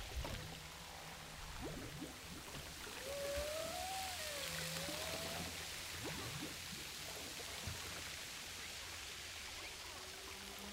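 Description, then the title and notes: Humpback whale giving a wavering tonal moan that rises and dips over a few seconds, beneath loud, steady hiss and crackle of rough water. Several humpback whales off Saint Paul, recorded in heavy swell. "Humpback whales off Saint Paul. baleines à bosse au large de saint paul forte houle"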